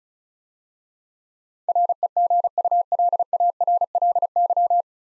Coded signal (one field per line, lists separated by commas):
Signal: Morse code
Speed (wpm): 36 wpm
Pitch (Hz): 700 Hz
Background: none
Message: REGULARLY